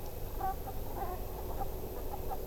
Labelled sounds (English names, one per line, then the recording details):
Brent Goose
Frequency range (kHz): Brent Goose 0.4-2.5 kHz
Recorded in France